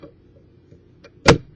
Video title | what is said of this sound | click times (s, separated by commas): Fiskars Friday on Thursday, Fiskars Push and Print Stamp Factory | you'll hear it pop haha | 1.3 s